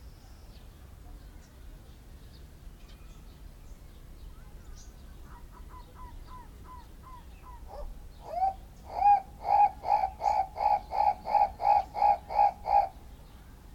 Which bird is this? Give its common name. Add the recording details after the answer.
Guinea Turaco. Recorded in captivity. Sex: male. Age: adult. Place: Zoo Berlin, Berlin, DE. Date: 1994-04-16 12:49. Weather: heiter, 7-12°C. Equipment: Marantz CP 430, Sennheiser ME 80, Kopie Uher Variocord 263. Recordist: Tembrock, Günter